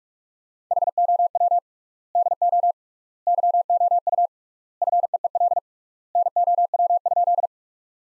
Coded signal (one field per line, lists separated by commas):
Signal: Morse code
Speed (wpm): 46 wpm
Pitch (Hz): 700 Hz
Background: none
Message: HOW DO YOU FEEL NOW?